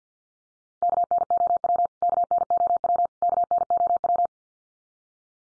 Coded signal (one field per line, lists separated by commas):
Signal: Morse code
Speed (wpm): 48 wpm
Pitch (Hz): 700 Hz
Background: none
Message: KNOW KNOW KNOW